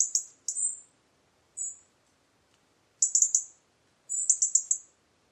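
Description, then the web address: European robin giving high, thin piping calls: a few single drawn notes and rapid stuttered clusters of several notes, separated by quiet gaps. "Deverinetal 2025 File origin Bird Only Er Ru"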